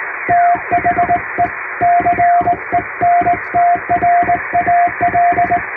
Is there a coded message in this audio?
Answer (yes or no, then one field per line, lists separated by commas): yes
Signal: Morse code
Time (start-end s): 0.3-5.6 s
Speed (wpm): 19 wpm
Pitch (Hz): 700 Hz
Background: music, radio noise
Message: THE CENTRAL